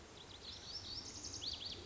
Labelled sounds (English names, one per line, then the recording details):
Lazuli Bunting
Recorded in Sonoma County, California